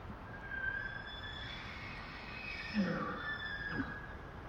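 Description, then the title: Elk bugling: a high, whistled tone held for about a second, then a second call sliding downward, over a steady rush of wind. Several small break-off herds moving through tall pine stands in strong mountain wind; males calling back and forth, females trying to decide which male to follow. "Elk Herd Activity In Windy Background"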